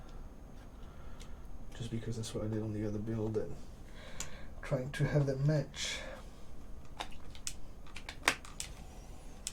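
A RAM module is handled at a motherboard memory slot while someone talks, with a few light taps and plastic clicks of handling toward the end. Nothing has seated or clicked into the slot yet.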